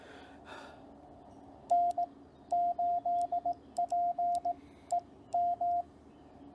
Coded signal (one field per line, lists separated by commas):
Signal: Morse code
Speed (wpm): 19 wpm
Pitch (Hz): 700 Hz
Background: radio noise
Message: N8PEM